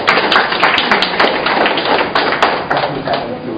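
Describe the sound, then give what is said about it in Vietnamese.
Audience applause for a man coming up to give testimony, a dense, steady patter of many hands clapping at once, holding an even, fairly loud level for a few seconds before easing slightly at the end. “Ai lên đánh thức người ta dạy cái anh đó, chúng ta cho tràng pháo tay.”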